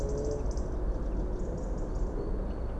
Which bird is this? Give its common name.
Common Chaffinch